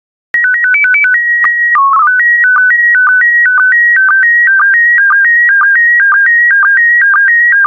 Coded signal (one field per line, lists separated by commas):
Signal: SSTV (slow-scan television)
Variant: PD 120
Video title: 62023 Windsurfing SSTV PD120